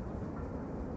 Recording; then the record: background sound without coughing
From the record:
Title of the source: Train Ride Ambience ambient white noise for sleeping, focus, studying, reading